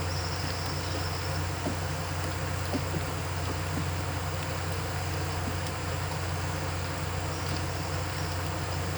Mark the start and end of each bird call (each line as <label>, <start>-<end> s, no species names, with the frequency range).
bird call (4.3-6.0 kHz), 0.06-1.37 s